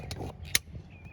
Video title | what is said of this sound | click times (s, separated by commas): 99-07 Chevy Silverado GMC Truck and SUV Turn Signal Switch Replacement | see it snaps right in when you get it right see that everything lines up we don't have any unsightly gaps | 0.5 s